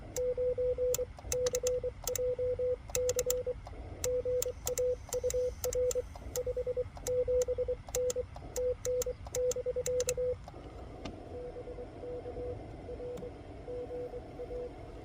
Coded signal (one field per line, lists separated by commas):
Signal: Morse code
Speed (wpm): 23 wpm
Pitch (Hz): 500 Hz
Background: radio noise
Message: 9CJC GA UR 57N TN <BK> BK R GA